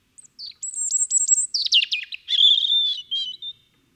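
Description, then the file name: European robin song: high piping notes run into a fast, fluttering warble that settles on a sustained thin whistle. "Erithacus rubecula"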